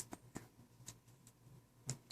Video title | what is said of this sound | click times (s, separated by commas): Samsung Rant Screen Disassembly | work my way around you'll hear it click | 0.0 s, 1.9 s